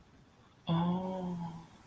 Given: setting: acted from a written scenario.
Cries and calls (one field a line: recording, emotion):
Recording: vocal sound without words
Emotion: guilt